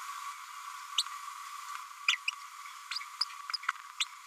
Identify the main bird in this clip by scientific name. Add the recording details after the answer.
Forpus passerinus. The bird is a female. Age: 31 days. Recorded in a nest box in Venezuela. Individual 17B102A5